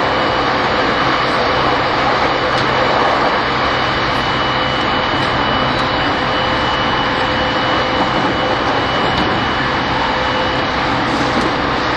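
An E231 series Yamanote Line train runs on the outer loop with a steady, dense roar that holds an even level for the whole stretch. A thin, constant whine sits over the low rumble, and a few faint clicks come through around the third and ninth seconds.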